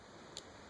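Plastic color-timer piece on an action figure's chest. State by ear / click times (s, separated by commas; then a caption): released / 0.4 s. The blue plastic color-timer piece on the chest of an Ultra-Act Ultraman Nexus Junis Blue action figure is picked at until it comes off. A single short, bright tick is heard at 0.4 s over a quiet, steady background hiss. The piece releases from the chest.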